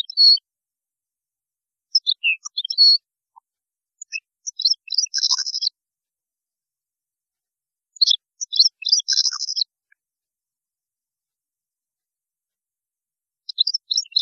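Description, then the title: European goldfinch song: scattered short phrases of high chirps and buzzy twittering notes, separated by pauses of a few seconds. "Chant Chardonneret"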